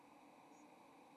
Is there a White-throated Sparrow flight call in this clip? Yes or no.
no